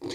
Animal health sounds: pig call; weaner (32 to 43 days)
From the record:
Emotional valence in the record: negative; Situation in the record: novel object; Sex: female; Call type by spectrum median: low-frequency call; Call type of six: mixed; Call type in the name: high-frequency modulated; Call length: 0.15 s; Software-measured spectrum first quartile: 348 Hz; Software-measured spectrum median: 949 Hz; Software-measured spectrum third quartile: 3849 Hz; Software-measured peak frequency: 344 Hz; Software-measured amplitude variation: 103 dB a second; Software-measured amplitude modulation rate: 16.1 a second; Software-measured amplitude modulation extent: 6.4 dB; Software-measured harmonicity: 5.1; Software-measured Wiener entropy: -3.35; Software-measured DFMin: 977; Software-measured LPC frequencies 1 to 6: 385, 2055, 3415, 4084, 4622, 5228 Hz

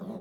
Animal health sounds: pig call; piglet (1 to 25 days)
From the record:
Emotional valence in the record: negative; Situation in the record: short isolation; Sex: male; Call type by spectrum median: low-frequency call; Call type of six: low-frequency modulated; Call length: 0.20 s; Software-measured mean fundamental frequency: 54 Hz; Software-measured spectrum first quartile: 201 Hz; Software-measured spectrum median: 295 Hz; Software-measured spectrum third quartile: 560 Hz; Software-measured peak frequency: 203 Hz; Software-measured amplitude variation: 153 dB a second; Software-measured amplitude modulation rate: 19.7 a second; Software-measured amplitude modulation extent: 7.7 dB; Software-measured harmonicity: 4.9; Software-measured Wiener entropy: -0.27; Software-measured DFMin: 1196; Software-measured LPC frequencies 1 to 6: 3443, 3866, 5686, 6418, 7599, 8626 Hz

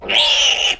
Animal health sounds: pig call; piglet (1 to 25 days)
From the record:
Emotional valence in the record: negative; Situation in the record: crushing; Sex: female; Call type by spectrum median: high-frequency call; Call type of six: mixed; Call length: 0.79 s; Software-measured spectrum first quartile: 2608 Hz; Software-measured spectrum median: 3077 Hz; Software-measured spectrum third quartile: 3910 Hz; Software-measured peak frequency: 2932 Hz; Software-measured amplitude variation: 129 dB a second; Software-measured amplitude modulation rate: 23.4 a second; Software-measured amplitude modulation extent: 5.5 dB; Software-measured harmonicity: 5.8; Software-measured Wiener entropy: -2.16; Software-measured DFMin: 1266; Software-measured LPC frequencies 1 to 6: 727, 2895, 3276, 5914, 7540, 9072 Hz

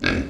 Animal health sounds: pig call; growing-finishing pig (85 days or more)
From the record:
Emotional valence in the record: negative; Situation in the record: barren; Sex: male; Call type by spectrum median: high-frequency call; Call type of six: low-frequency modulated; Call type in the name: low-frequency modulated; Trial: 2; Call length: 0.30 s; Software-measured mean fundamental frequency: 56 Hz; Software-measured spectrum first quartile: 249 Hz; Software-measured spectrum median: 954 Hz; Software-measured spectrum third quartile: 2217 Hz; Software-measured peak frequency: 272 Hz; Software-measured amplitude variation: 166 dB a second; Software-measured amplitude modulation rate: 25.0 a second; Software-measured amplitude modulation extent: 6.6 dB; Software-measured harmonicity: 0.6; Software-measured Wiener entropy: -2.14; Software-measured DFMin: 1098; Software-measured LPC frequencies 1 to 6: 342, 1572, 2497, 3578, 4280, 4772 Hz

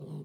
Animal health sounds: pig call; piglet (1 to 25 days)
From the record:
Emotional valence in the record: negative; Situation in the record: long isolation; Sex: male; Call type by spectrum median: low-frequency call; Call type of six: low-frequency stable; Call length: 0.25 s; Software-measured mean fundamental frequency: 50 Hz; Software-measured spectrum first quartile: 152 Hz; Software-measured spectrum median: 205 Hz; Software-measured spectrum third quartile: 394 Hz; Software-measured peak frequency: 153 Hz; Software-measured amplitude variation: 103 dB a second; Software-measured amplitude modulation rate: 23.9 a second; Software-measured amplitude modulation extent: 4.3 dB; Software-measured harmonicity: 5.2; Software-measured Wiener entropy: 0.13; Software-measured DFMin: 1245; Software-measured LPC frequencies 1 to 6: 256, 3068, 4036, 5246, 6260, 7259 Hz

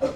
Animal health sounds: pig call; growing-finishing pig (85 days or more)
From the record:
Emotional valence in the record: positive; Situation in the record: run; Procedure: transit

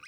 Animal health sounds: pig call; piglet (1 to 25 days)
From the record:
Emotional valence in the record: positive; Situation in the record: reunion after long isolation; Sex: male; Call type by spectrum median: low-frequency call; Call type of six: low-frequency tonal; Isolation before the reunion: 8 minutes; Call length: 0.08 s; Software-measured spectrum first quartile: 1541 Hz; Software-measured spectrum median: 2290 Hz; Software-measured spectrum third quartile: 3195 Hz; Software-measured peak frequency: 2467 Hz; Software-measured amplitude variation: 45 dB a second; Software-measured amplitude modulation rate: 6.2 a second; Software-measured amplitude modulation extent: 7.3 dB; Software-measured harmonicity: 8.0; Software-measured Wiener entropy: -2.38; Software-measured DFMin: 755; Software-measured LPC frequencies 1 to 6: 1341, 2421, 4030, 5014, 5667, 7594 Hz

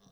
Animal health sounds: pig call; piglet (1 to 25 days)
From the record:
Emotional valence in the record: positive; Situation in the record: short reunion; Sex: female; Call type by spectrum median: low-frequency call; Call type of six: low-frequency tonal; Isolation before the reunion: 3 minutes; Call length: 0.12 s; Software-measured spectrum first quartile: 240 Hz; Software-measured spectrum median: 942 Hz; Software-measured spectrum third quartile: 4309 Hz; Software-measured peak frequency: 180 Hz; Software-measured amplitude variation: 139 dB a second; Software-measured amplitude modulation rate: 13.1 a second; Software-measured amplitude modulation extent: 10.7 dB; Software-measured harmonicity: 5.7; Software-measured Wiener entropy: -2.38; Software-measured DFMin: 1131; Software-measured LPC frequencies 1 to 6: 3559, 5809, 7383, 8395, 9045, 9974 Hz

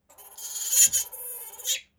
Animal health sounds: pig call; piglet (1 to 25 days)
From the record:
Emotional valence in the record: negative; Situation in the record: restrain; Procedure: back test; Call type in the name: high-frequency call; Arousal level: medium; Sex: female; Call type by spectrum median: high-frequency call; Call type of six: high-frequency stable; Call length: 1.99 s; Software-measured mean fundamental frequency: 346 Hz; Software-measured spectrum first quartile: 6467 Hz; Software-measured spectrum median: 7575 Hz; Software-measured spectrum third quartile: 11005 Hz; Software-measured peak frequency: 7019 Hz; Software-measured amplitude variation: 218 dB a second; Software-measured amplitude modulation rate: 14.1 a second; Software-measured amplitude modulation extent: 15.5 dB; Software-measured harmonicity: 4.6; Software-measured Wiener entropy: -2.31

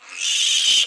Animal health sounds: pig call; piglet (1 to 25 days)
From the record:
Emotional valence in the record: negative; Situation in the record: restrain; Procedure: in the arms of a person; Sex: male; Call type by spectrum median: high-frequency call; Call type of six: high-frequency modulated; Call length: 0.88 s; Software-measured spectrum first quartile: 3127 Hz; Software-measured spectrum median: 3869 Hz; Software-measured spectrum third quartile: 6305 Hz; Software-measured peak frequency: 3050 Hz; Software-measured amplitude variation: 103 dB a second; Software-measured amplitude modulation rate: 26.8 a second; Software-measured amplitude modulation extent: 3.8 dB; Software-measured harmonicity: 3.9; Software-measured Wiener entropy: -2.46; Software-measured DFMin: 1292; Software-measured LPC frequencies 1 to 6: 3057, 3574, 4894, 6187, 7721, 9344 Hz

